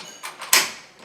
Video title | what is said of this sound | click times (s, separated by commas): Great Companion for Bike Repair - BIKE STAND! | there you go you heard that click down | 0.5 s